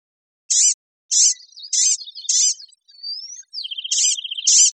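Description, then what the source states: Blue-grey gnatcatcher calls: high, thin nasal notes repeated about every half second, with a brief rising whistle and a fast buzzy trill near the end. Recorded in Costa Rica.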